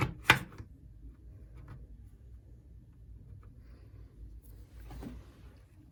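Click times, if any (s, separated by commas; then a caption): 0.3 s. A blue and black wire connector is pushed onto the positive and negative terminals of a replacement sunshade motor in a 2005-2012 Toyota Avalon, seating with a sharp click at 0.3 s. A faint tap comes just before it, followed by low handling rustle and a soft hiss near 5 s.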